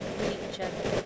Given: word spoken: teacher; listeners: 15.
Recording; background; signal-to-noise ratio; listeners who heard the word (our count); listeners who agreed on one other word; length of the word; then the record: one English word in noise, from a listening test; noise modulated by three-talker babble; -7.6 dB; 0 of 15; 8 of 15; 0.66 s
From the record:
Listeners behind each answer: 8, 2, 2, 1, 1, 1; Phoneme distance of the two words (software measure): 17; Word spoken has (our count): 2 syllables, 4 phonemes, stress on syllable 1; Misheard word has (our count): 2 syllables, 5 phonemes, stress on syllable 1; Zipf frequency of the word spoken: 4.68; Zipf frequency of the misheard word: 4.31